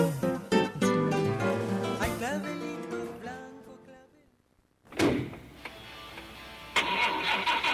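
A car engine starts up: a whirring, tonal cranking fades into a brief silence, then the motor catches with a sudden loud burst and settles into a steady idle that swells near the end.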